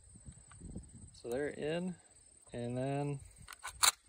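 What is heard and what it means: Someone talks while loading an M1 Garand rifle with a clip of two rounds. The held-back bolt is then released, runs forward and slams closed into the receiver with a sharp metallic clack at 3.8 s, seating the rounds.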